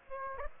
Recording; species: mosquito wingbeat signal from an infrared sensor; Aedes aegypti